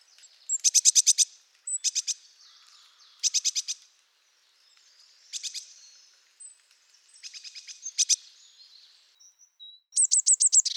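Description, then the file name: Eurasian blue tit song: high, quick bursts of repeated buzzy notes, phrases spaced a second or two apart, with faint thin whistles and calls in between. "Mesange bleue"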